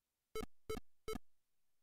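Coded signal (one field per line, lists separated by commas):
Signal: none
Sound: game music beeps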